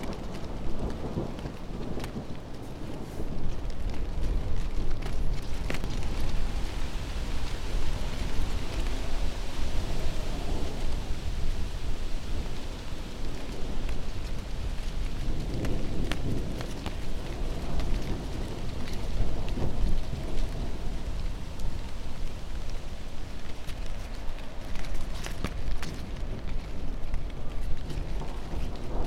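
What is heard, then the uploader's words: A heavy autumn rainstorm pours steadily, a dense wash of falling rain that swells in the first few seconds and then holds level. Sharp drips and splashes crackle through it at irregular moments, over a deep continuous rumble underneath. Autumn Weather Rainstorm Noise.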